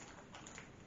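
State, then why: Not seated. A plastic tap is being pushed into the spout fitting of a wine bag-in-box bag, meant to go in two clicks and no more. Steady low handling noise is heard with a brief, sharper sound near 0.6 s. Nothing has seated or clicked yet.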